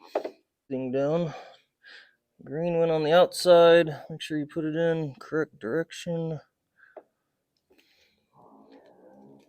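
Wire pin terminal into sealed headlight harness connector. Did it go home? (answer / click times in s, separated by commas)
yes / 7.0 s, 7.8 s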